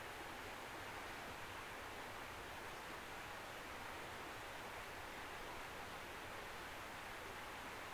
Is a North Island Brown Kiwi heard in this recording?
no